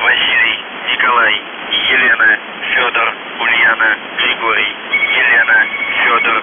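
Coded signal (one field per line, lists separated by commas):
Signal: numbers station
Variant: UVB-76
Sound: a voice speaking through heavy radio static and fading, no buzzer tones heard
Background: radio static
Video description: The Buzzer/UVB-76(4625Khz) August 24, 2021 Voice messages; 00:00 0333z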